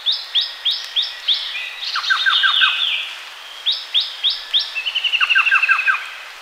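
Orange-breasted trogon call: short series of about five descending notes, heard twice, mixed with louder high downslurred whistles and quick chirping trills from other birds.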